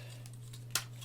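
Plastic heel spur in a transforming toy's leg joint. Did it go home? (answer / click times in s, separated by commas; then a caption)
yes / 0.8 s. A plastic heel spur in a transforming robot toy's leg joint is swung out until it clicks into its locked position. A sharp, bright click at 0.8 seconds stands well above a steady low hum and a few faint ticks before it. The heel spur is seated.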